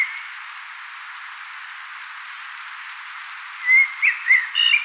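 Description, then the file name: Common blackbird singing a short phrase of mellow whistled notes with a squeaky high flourish near the end, after quiet background hiss. "Turdus merula"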